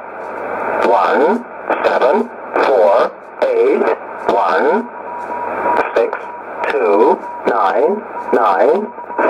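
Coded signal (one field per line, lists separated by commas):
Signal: numbers station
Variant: E07a, English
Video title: 09 02 2019 E07a English Man Numbers station in English to Eu 0925 on 12153 unknown tx site USB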